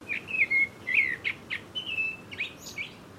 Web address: Sound Effects-Foundation 1 BIRD BLACKBIRD CALL